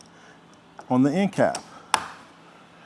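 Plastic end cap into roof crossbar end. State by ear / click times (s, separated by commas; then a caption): seated / 1.9 s. A plastic end cap, lined up by its tabs, is pushed into the end of a Yakima CoreBar roof crossbar on a 2022 Ford Bronco Sport after everything has been tightened down. Someone talks, and then the cap snaps home with one sharp click at 1.9 s. The end cap is seated and secure.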